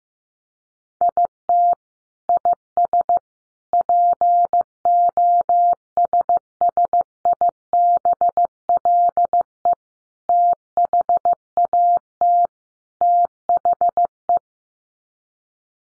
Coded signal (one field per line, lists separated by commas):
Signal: Morse code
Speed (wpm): 15 wpm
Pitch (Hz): 700 Hz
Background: none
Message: IT IS POSSIBLE THAT THE